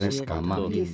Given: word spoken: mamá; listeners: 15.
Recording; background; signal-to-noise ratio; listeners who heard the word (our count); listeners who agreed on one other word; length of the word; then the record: one Spanish word in noise, from a listening test; four-talker babble; -1.3 dB; 0 of 15; 8 of 15; 0.55 s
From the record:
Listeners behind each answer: 8, 2, 1, 1, 1, 1, 1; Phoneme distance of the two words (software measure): 24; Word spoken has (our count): 2 syllables, 4 phonemes, stress on syllable 2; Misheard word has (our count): 3 syllables, 6 phonemes, stress on syllable 2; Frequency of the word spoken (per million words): 68.99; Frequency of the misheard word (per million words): 0.45